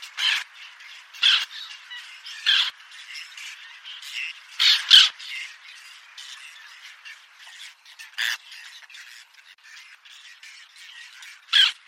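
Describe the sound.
Bird giving loud harsh squawking calls, about seven scattered bursts, with softer chatter between them.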